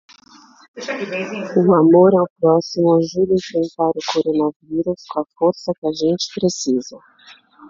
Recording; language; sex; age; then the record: spoken sentence; Brazilian Portuguese; female; 40 to 49 years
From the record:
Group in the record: control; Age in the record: 46 years